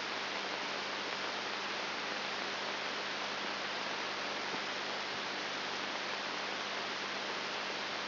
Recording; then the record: brain microelectrode recording played as sound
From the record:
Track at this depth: inside the subthalamic nucleus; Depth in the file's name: 3.701 mm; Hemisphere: left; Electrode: 3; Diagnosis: Parkinson's disease